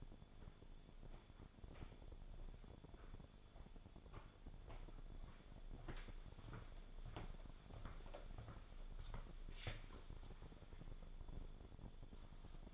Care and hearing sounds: daily activity, microphone in the room; walk to room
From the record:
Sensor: 5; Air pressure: 1000.0 hPa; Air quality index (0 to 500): 87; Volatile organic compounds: 1 ppm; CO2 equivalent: 718 ppm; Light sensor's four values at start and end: 368/917/384/432 and 354/861/367/416

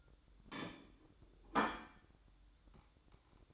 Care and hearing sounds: daily activity, microphone in the room; place plate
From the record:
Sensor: 3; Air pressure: 1007.5 hPa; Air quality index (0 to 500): 50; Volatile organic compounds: 1 ppm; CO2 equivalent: 579 ppm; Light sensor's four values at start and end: 8/20/8/8 and 8/20/8/8

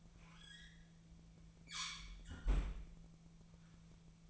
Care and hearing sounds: daily activity, microphone in the room; close fridge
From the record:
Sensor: 1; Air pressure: 1009.7 hPa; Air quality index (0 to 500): 193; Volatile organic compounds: 19 ppm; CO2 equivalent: 2642 ppm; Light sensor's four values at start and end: 29/75/31/37 and 29/75/31/37

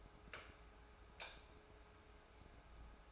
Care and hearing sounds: daily activity, microphone in the room; light on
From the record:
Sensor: 2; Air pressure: 1010.1 hPa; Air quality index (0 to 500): 159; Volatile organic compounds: 7 ppm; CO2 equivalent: 1995 ppm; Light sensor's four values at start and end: 38/91/41/46 and 39/93/41/46

